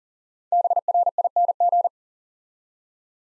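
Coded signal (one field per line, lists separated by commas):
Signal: Morse code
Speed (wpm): 39 wpm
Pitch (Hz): 700 Hz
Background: none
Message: BRING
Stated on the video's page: Morse practice at 40 wpm: five-letter words sent twice for head-copy training.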